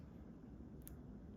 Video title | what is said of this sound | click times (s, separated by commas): Apple Watch - How to Switch Bands | It just clicked like that. | 0.9 s